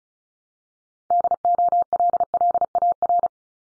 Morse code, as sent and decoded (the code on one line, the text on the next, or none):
-.. --- .-.. .-.. .- .-.
DOLLAR